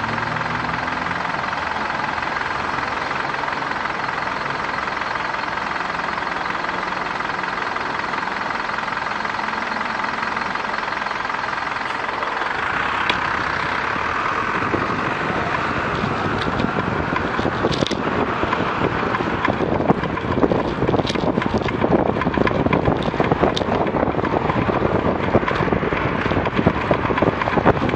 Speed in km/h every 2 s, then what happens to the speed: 0, 0, 0, 5, 1, 20, 25, 29, 31, 31, 30, 37, 32, 32.
0-5 standing. 5-15 pulls away to 31. 15-28 steady at about 31.